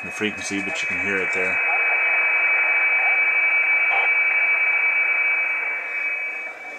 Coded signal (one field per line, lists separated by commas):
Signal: PSK31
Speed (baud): 31.25 baud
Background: speech, radio noise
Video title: 40 meter 7.035 psk31 1800miles on 1watt